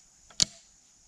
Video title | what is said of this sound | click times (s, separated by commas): New Excalibur Assassin 420TD review +price / Best crossbow for 2020/ Cock-Decock Assassin 420TD | just slide it right back over the top audible Click | 0.4 s